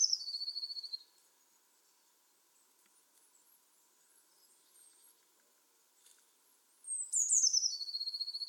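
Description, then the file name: Eurasian blue tit: a buzzy churring trill at the start, then near silence, then a sharp high descending note leading into another churr. "Cyanistes caeruleus"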